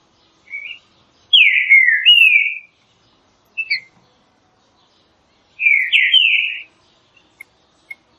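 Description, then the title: Green-winged saltator giving loud whistled phrases of slurred notes, with a short soft pair of notes between them and a few faint ticks at the end. Classic song style used for training. "Canto Clássico Trinca Ferro TREINAMENTO"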